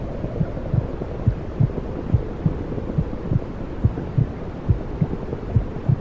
Womb sounds heart beat.